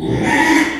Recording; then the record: squeal of a Yucatan mini pig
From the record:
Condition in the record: after surgery on the right vocal fold (resection and tissue-engineered implant); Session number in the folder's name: 3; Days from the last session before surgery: 33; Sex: male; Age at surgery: 12 weeks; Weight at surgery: 13 kg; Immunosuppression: cyclosporine, prednisolone